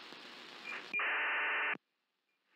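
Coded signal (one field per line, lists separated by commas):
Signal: ACARS aircraft data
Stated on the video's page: ACARS aircraft-to-ground data communications monitored via SDR receivers such as RTL SDR and SDRPlay.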